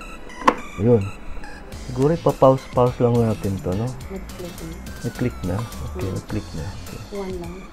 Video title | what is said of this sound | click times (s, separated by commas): 9 Do-it-yourself EDIBLE Facial Masks | natin siya ilalagay iblender natin ila-lock din uli | 0.5 s